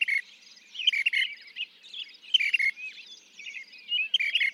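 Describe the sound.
Northern mockingbird song of short chattery phrases repeated roughly each second.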